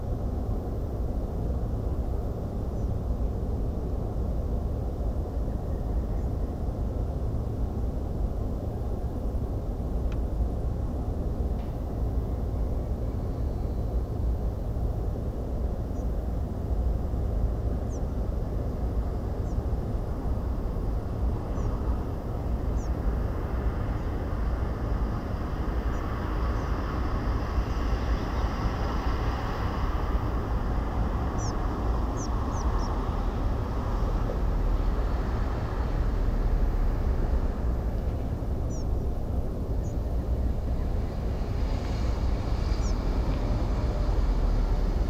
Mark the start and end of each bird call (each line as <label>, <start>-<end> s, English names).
Spotted Flycatcher, 2.75-2.88 s
Spotted Flycatcher, 15.95-16.03 s
European Pied Flycatcher, 17.89-17.99 s
European Pied Flycatcher, 19.45-19.54 s
Spotted Flycatcher, 21.55-21.67 s
European Pied Flycatcher, 22.77-22.88 s
Spotted Flycatcher, 25.92-26.00 s
European Pied Flycatcher, 31.38-31.51 s
European Pied Flycatcher, 32.16-32.87 s
Spotted Flycatcher, 38.70-38.83 s
Spotted Flycatcher, 39.83-39.92 s
European Pied Flycatcher, 42.81-42.92 s